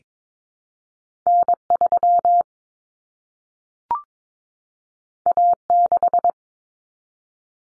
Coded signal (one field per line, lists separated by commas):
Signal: Morse code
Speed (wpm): 22 wpm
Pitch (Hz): 700 Hz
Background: none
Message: N3 A6